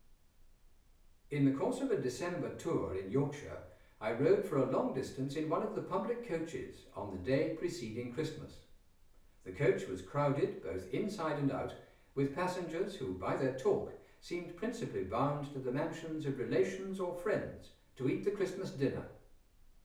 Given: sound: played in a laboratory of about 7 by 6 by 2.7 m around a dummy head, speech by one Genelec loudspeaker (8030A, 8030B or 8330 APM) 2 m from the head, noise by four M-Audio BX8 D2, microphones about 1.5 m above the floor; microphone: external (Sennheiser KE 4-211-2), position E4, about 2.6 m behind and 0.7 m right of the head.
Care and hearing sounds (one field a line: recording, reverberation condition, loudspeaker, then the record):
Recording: male speech in English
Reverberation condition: medium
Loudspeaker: 30 degrees to the left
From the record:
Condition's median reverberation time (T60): about 510 ms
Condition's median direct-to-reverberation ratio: about -0.5 dB